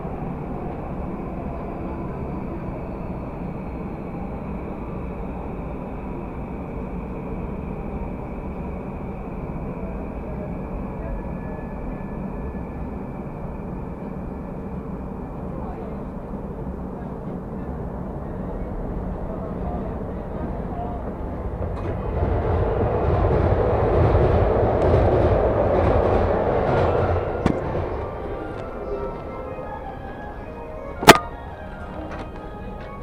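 A Chuo Line rapid train rolls along with a steady low rumble, and a thin high whine holds for the first fifteen seconds or so. Around 22 seconds the noise swells into a louder roar for several seconds, then settles, and a sharp click sounds near the end.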